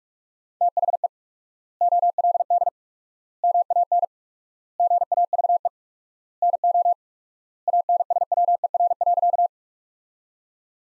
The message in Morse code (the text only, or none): THE OLD MAN GAVE NO ANSWER.